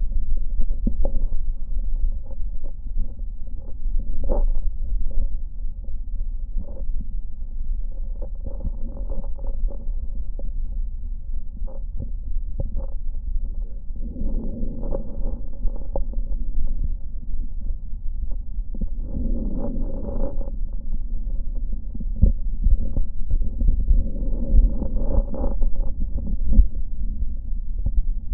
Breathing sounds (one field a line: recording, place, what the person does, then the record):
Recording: lung sounds by stethoscope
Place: left posterior basal chest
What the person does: quiet breathing, then deep breathing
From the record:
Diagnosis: none (healthy)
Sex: male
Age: 30 years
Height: 190 cm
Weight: 88 kg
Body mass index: 24.4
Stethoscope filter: diaphragm mode